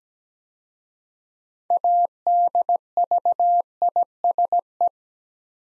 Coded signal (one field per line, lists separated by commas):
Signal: Morse code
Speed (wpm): 17 wpm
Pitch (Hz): 700 Hz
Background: none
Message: ADVISE